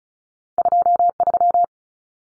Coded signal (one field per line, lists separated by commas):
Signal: Morse code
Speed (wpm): 34 wpm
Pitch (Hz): 700 Hz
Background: none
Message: 23